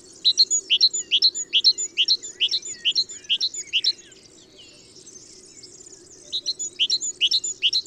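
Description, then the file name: Great tit giving a rapid run of ringing two-part notes, a brief pause, then another burst, with a low steady hum throughout. "Parus major"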